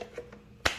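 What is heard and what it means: The last IGN-1A ignition coil is pressed onto its quick-connect bracket, with a few faint soft taps early on. A single sharp, loud click at 0.7 s shows the coil seating into the bracket.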